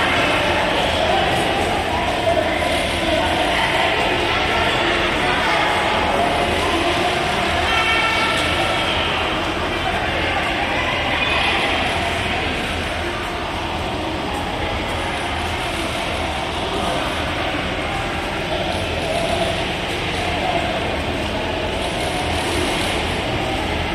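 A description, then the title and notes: Airport sounds form a dense, steady wash of noise with a constant low rumble. A murmur of voices runs throughout, with no single sound standing out, and the level barely changes across the clip. European Airportmosphere (Barcelona, Brussels, Amsterdam Mashup). European airport sounds, mix recorded before the Coronavirus pandemic.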